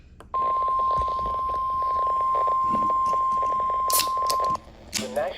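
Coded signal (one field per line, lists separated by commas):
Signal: Emergency Alert System (SAME) tones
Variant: 1050 Hz attention tone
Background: speech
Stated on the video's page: Storm alerts received on a weather radio from WXL40, about 80 miles away, in good quality.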